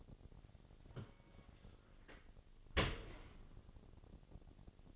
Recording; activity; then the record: daily activity, microphone in the room; open dishwasher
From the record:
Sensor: 4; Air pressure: 1007.6 hPa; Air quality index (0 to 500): 196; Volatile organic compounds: 7 ppm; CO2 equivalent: 1952 ppm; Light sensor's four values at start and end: 22/70/26/26 and 22/70/26/26